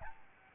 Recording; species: mosquito wingbeat signal from an infrared sensor; Aedes albopictus